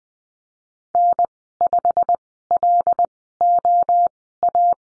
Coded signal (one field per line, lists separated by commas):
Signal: Morse code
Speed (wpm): 20 wpm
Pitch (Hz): 700 Hz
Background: none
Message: N5LOA